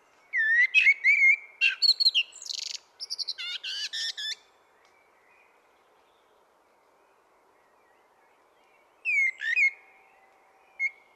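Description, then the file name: Common blackbird singing a mellow whistled phrase ending in thin, high squeaky twitters, then a long pause before a shorter phrase begins. "Turdus merula"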